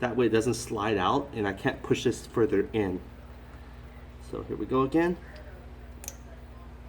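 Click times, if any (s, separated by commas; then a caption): 6.1 s. Someone talks while pushing a steel wrist-pin circlip into the retaining groove of the piston pin bore on a GY6 171cc big bore kit for a 157QMJ scooter engine, after a previous try. At 6.1 seconds a sharp metallic snap sounds, followed by a fainter one, as the circlip seats in its groove.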